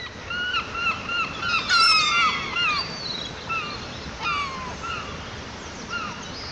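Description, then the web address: Gulls calling, overlapping arched yelps with a louder burst of crowded squealing calls near the middle, then sparser single yelps against steady hiss. "seagulls"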